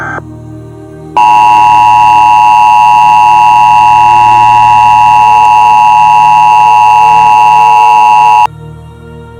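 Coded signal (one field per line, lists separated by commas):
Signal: Emergency Alert System (SAME) tones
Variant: 853 and 960 Hz attention tone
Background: music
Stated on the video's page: Fictional Christmas scenario alert, simulated rather than a real broadcast.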